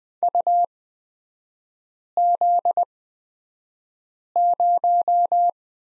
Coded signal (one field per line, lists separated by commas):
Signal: Morse code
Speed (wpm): 20 wpm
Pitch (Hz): 700 Hz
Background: none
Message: UZ0